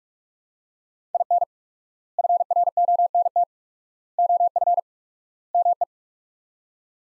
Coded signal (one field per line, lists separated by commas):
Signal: Morse code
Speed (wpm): 46 wpm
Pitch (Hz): 700 Hz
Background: none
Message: IN FRONT OF ME